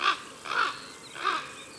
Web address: Le grand corbeau Bestiaire. un jour dans la montagne